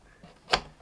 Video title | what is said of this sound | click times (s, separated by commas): Drinkmate Omnifizz Unboxing and first look | locks into place done and then you slide this up here | 0.5 s